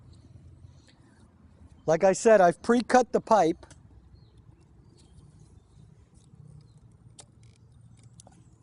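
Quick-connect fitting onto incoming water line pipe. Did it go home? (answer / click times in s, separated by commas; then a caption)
yes / 7.2 s, 8.2 s. A quick-connect plumbing fitting is pushed down onto the pre-cut incoming water line pipe of a whole-house water filter. Someone talks from about 1.9 to 3.6 seconds, then two sharp clicks at 7.2 and 8.2 seconds, each followed by faint small ticks. The fitting seats onto the pipe.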